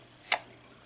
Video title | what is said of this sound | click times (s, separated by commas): Why This Holster is Controversial (and Awesome) | You hear that little click? Now that little click, | 0.3 s